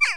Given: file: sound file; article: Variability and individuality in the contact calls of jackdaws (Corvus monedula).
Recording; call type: jackdaw call; harmonic